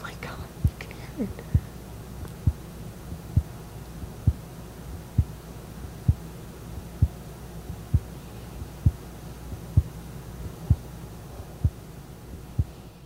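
Sharp, clicking beats recur steadily at about 65 per minute over a low room hum, picked up by a microphone with the chest held right in front of it. This is an abnormally strong, loud heartbeat in an adult, audible from outside the body about two years after aortic surgery.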